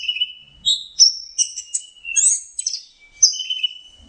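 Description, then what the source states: Orange-headed thrush song: varied loud whistled phrases, slurred and fluty, jumping between high and mid pitches with quick chattering notes mixed in. Masteran song for teaching other birds to sing.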